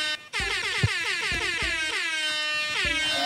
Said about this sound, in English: I just got hit with the air horn plant prank.